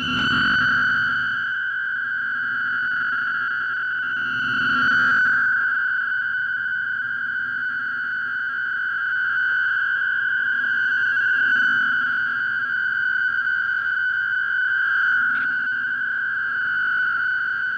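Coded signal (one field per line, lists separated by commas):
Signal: fast PSK data mode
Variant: PSKR250 (PSK250R)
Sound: steady warbling buzzy tone near 1.5 kHz throughout, with occasional low rumbling swells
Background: shortwave radio static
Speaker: we'll increase the speed again to 220 words per minute the mode is pskr 250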